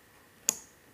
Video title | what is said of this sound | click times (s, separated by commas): 1999 Honda CR125 Replacement Coil Wires from Swedetech | hear it snap give it a light Poole double-check | 0.5 s